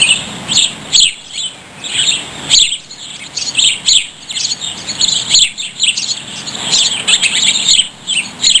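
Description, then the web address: Birds chirping, dense high twitters and short trills repeating in bursts. "Soundsation. Animals Birds"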